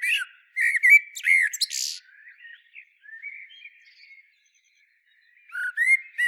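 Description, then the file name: Eurasian blackbird song: a quick run of fluty notes with a squeaky high flourish, then faint soft warbling, and a new phrase starting near the end. "Turdus merula"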